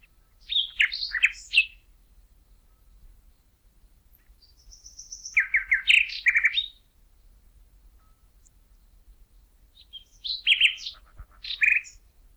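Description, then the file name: Common nightingale singing in three separate phrases of rich, varied notes, harsh rattles and a thin high whistle, with quiet pauses of several seconds between them. "Luscinia megarhynchos"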